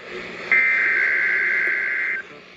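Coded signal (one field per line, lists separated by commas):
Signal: Emergency Alert System (SAME) tones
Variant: header bursts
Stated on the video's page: Required Weekly Test from NOAA Weather Radio station KEC56.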